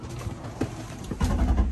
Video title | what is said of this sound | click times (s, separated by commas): 2019 Zinger ZR280BH, hitching up, leaving camp and dumping the tanks. | And there's the clicking, and we're done. | 0.6 s, 1.2 s